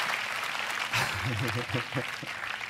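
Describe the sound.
Steady audience applause, a dense crackling wash of clapping that carries through the whole moment, with a man's voice speaking over it.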